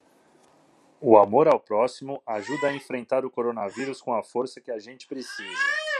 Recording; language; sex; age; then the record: spoken sentence; Brazilian Portuguese; male; 40 to 49 years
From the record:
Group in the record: control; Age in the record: 40 years